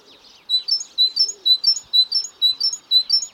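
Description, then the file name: Great tit song, a rapid, regular series of high, clear two-note phrases, repeated about twice per second. "Parus major"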